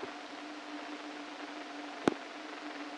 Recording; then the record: brain microelectrode recording played as sound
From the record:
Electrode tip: inside the subthalamic nucleus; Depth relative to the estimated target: -4 mm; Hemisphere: right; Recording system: NeuroSet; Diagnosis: Parkinson's disease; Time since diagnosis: 13 years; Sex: male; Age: 49 years